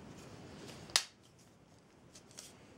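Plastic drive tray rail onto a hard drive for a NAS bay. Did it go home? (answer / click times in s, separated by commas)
yes / 1.0 s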